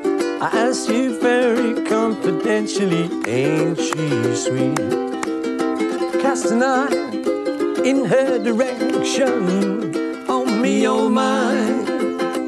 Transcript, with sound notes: I ask you very confidentially, ain't she sweet?
(SOUNDBITE OF CLAPPING)
(Singing) Cast an eye in her direction. Oh, me, oh, my,